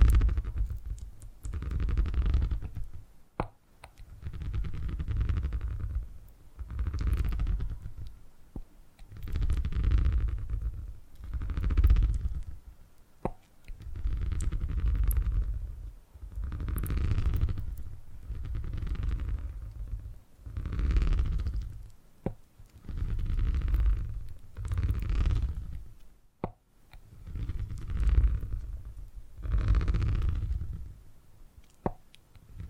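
Purring rolls in steady waves, each swell lasting a second or two before a short pause, repeating about every two to three seconds. The sound is deep and rumbling, with a soft rasp above it. Faint clicks and taps dot the background.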